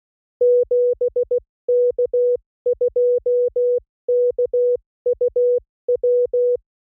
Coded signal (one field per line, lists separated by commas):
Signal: Morse code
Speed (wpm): 16 wpm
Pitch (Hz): 490 Hz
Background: music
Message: 7K2KUW